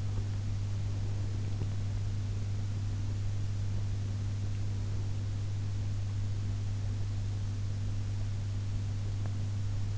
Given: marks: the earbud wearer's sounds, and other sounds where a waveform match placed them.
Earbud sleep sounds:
sounds in sleep by an in-ear microphone; teeth grinding
0.00-1.81 s: teeth grinding

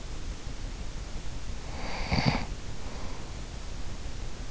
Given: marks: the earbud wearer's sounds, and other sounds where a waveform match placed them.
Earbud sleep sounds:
sounds in sleep by an in-ear microphone; snoring breath
0.91-3.82 s: snoring breath

